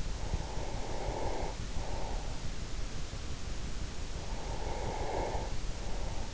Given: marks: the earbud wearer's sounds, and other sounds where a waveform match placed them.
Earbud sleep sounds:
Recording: sounds in sleep by an in-ear microphone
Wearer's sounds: breath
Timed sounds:
0.16-2.44 s: breath
4.16-6.34 s: breath

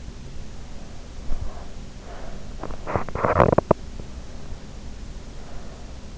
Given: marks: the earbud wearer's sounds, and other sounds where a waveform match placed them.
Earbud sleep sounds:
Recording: sounds in sleep by an in-ear microphone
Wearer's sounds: breath, teeth grinding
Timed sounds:
1.31-2.61 s: breath
2.52-3.96 s: teeth grinding

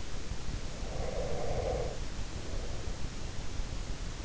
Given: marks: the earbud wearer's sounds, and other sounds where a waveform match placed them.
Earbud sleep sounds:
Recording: sounds in sleep by an in-ear microphone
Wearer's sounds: breath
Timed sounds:
0.49-3.55 s: breath

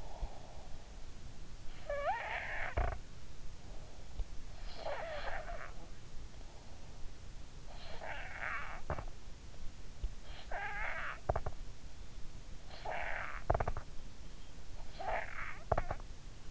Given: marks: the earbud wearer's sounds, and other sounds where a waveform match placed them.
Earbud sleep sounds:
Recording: sounds in sleep by an in-ear microphone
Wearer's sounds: snoring breath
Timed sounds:
0.00-16.51 s: snoring breath

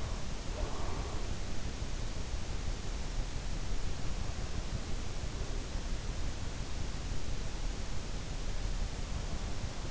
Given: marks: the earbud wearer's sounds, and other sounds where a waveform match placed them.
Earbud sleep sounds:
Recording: sounds in sleep by an in-ear microphone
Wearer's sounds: breath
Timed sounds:
0.00-1.76 s: breath

